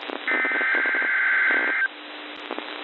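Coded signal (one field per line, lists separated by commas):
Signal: Emergency Alert System (SAME) tones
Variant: header bursts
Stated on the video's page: NWS Pendleton weekly test on 162.45 MHz and NWS Spokane SAME and 1050 Hz weekly test on 162.475 MHz.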